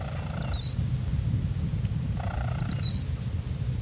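Gray's lark calls in two quick runs of high, tinkling notes that slur slightly downward, each run lasting one to one and a half seconds, over a steady low rumble.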